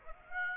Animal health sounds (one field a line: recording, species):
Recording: mosquito wingbeat signal from an infrared sensor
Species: Aedes aegypti